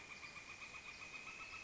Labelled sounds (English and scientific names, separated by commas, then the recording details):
Northern Flicker (Colaptes auratus)
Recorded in Sonoma County, California